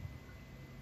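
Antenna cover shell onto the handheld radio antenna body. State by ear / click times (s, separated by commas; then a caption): not seated / none. The plastic cover shell of a Chinese handheld radio's stock antenna (the 3288 unit) is being closed back onto the antenna body after its internals were shown. Only a low steady hum and a faint soft hit near the start are heard. Nothing has seated or clicked yet.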